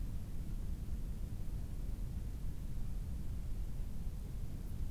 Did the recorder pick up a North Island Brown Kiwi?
no